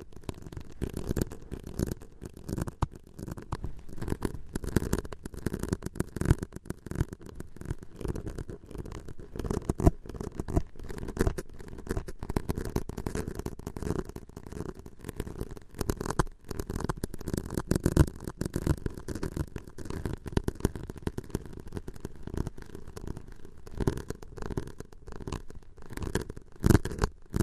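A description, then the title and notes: Tapping and scratching go on without pause, a dense run of quick, irregular clicks and scrapes over a low, rumbling rasp. The texture stays fairly even throughout, with sharper taps popping out every second or so and a slightly busier stretch near the end. On this episode, a special tapping & scratching ASMR episode.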